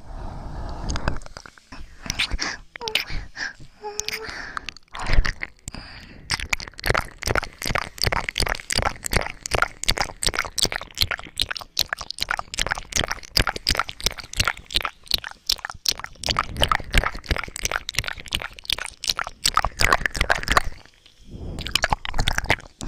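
Ear licking and wet mouth sounds: quick, moist clicks and smacks come in a dense, fairly regular stream for most of the clip. The opening seconds are looser and softer, and there is a brief near-silent gap around 21 seconds before the smacking resumes.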